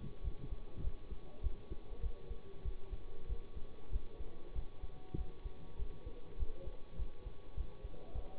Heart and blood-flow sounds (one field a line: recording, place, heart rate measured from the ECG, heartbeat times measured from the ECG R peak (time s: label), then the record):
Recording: heart sounds by stethoscope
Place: between the tricuspid and mitral areas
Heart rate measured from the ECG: 99 bpm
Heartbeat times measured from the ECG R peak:
0.22 s: heartbeat
0.81 s: heartbeat
1.41 s: heartbeat
2.00 s: heartbeat
2.63 s: heartbeat
3.27 s: heartbeat
3.90 s: heartbeat
4.53 s: heartbeat
5.15 s: heartbeat
5.76 s: heartbeat
6.37 s: heartbeat
6.96 s: heartbeat
7.54 s: heartbeat
8.12 s: heartbeat
From the record:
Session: bicycle stress test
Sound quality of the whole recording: good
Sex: male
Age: 24 years